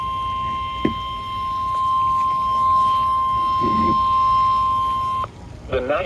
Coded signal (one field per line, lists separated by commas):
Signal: Emergency Alert System (SAME) tones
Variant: 1050 Hz attention tone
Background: speech